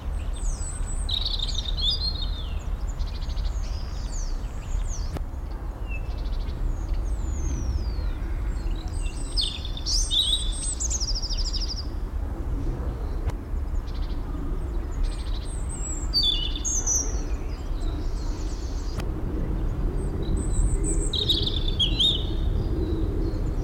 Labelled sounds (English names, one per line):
Great Tit call